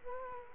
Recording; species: mosquito wingbeat signal from an infrared sensor; Culex quinquefasciatus